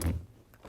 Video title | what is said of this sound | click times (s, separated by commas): 유모차,카시트 무엇이든 물어보세요. [125회 미즈톡톡 산모교실] | 딱딱 소리 들리죠 그래서 더 밀어야 돼 끝까지 이렇게 그러면 | 0.0 s